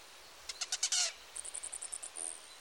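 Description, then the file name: Rufous Hummingbird calls: a few hard chips ending in a harsh burst, then a fast string of thin, very high, evenly spaced notes and a final drawn-out squeak. "Rufous Hummingbird - Selasphorus rufus"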